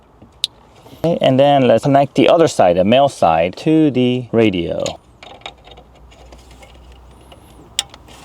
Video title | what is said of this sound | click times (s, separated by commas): 2018-2021 Lexus NX - S-Connect Wireless CarPlay DIY Installation | and make sure you press it in all the way and make sure you hear a click | 0.4 s